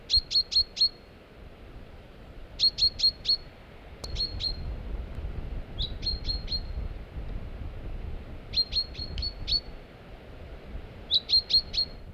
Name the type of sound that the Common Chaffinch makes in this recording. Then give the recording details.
call. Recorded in the wild. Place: Remscheid, Nordrhein-Westfalen, DE. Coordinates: 51.16, 7.15. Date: 1995-03-18. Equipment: Sony WM-D6C. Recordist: Skiba, Reinald